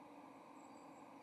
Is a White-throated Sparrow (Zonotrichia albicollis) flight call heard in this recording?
no